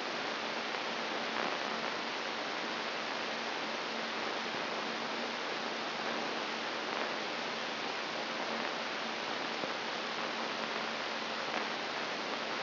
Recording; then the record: brain microelectrode recording played as sound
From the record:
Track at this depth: inside the subthalamic nucleus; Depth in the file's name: 2.746 mm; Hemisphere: right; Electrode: 3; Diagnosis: Parkinson's disease